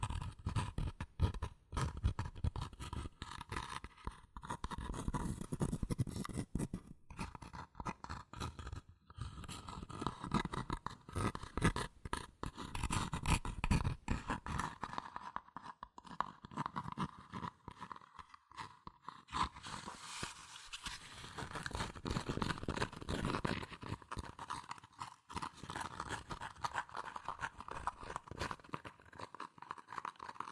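Fast tapping, scratching and tracing on cardboard and paper runs the whole time as a dense, busy stream of quick crackly strokes. Heavier thumping scratches fill the first fifteen seconds, and a lighter, brighter rustling texture takes over after about twenty seconds.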